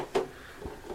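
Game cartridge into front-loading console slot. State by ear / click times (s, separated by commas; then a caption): not seated / none. A plastic game cartridge is handled and slid into the front-loading slot of a retro console behind its flap. A sharp knock at 0.2 s is followed by a softer low thump near 0.7 s. Nothing has seated or clicked yet; the cartridge is not yet home against the contacts.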